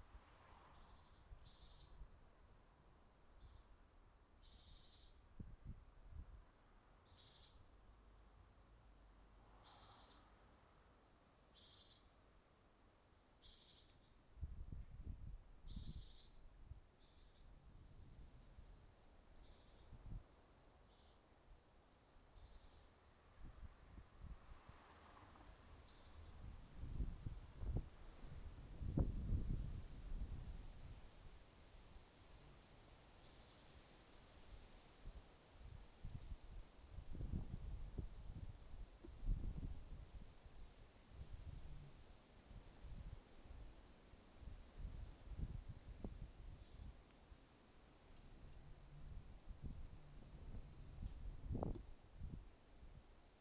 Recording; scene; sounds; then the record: everyday scene through a hearing-aid microphone; wind on the microphone; wind, traffic, birds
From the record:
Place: suburban garden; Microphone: in the ear canal, right